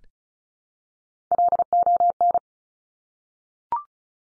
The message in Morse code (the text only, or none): LON